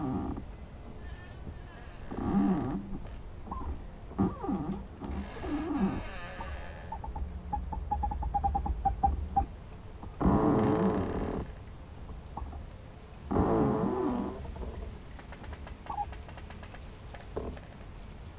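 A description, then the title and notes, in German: Trees creak in the wind, with groaning, wavering creaks that swell up every few seconds, the loudest near the middle and again around fourteen seconds. A steady low wind rumble runs underneath, with faint ticking and rustling between the creaks. Knarrende Bäume im Wind.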